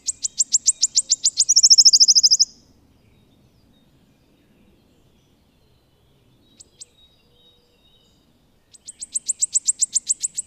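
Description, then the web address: Wood warbler singing: accelerating high ticks end in a bright trill, then a long quiet gap with two brief clicks before the next ticking series starts. "agykontroll Madardalok Cd 1. Sisegő füzike"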